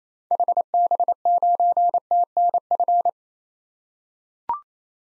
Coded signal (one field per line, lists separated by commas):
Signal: Morse code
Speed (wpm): 27 wpm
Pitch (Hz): 700 Hz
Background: none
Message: HB9TNF